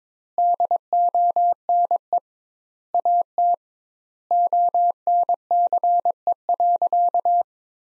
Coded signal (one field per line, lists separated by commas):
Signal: Morse code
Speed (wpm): 21 wpm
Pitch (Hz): 700 Hz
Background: none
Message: DONE AT ONCE.